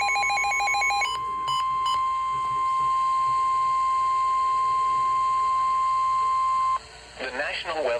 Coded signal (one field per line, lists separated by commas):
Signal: Emergency Alert System (SAME) tones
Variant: 1050 Hz attention tone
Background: speech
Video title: Severe Thunderstorm Warning (EAS #924) 7/26/26